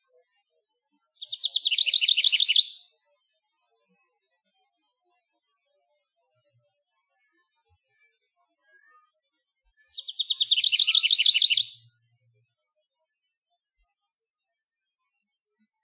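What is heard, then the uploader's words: A house wren sings two bright, bubbling phrases, one near the start and another about eight seconds later, each a rapid tumbling trill lasting under two seconds. Between songs the air is nearly silent, with only a few faint chirps. A tiny house wren, singing his heart out in search of a mate.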